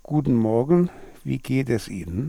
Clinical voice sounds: spoken sentence; German; male; 60 to 69 years; 3; 3; 2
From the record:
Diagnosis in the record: hyperfunctional dysphonia, contact pachydermia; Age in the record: 63 years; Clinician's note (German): Kontaktpachydermie ohne "Kontaktpachydermie"

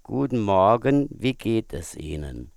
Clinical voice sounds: spoken sentence; German; male; 50 to 59 years; 0; 0; 0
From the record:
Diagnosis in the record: hypopharyngeal tumor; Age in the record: 50 years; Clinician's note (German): Großes Ca re, ohne strob. Abweichung

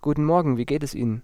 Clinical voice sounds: spoken sentence; German; male; 20 to 29 years; 1; 0; 0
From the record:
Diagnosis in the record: healthy voice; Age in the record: 21 years

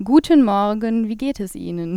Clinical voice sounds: spoken sentence; German; female; 30 to 39 years; 0; 0; 0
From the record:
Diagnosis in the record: healthy voice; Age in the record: 30 years

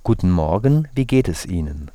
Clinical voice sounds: spoken sentence; German; male; 40 to 49 years; 0; 0; 0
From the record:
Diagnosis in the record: hyperfunctional dysphonia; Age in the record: 40 years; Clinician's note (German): Stottern

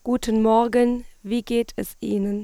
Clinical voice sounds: spoken sentence; German; female; 30 to 39 years; 2; 1; 2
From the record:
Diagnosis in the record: hyperfunctional dysphonia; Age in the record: 34 years

